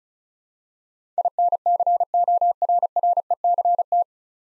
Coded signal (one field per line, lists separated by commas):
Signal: Morse code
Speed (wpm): 36 wpm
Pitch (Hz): 700 Hz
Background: none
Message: INCORRECT